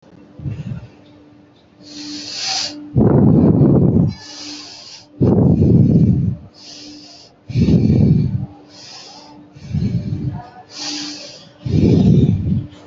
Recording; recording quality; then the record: shallow breathing; excellent, no background noise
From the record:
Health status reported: healthy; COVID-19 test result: negative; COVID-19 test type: RT-PCR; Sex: female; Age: 19 years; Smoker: no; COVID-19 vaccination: both doses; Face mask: worn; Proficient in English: yes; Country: India